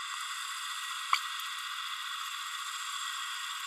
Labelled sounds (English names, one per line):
Green-rumped Parrotlet babbling